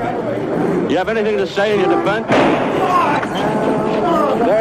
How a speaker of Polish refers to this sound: Padł strzał! Oswald został postrzelony! Boże święty, ktoś strzelił, kiedy Oswalda prowadzono do samochodu. Co tu się dzieje? Ludzie się biją, jest policja.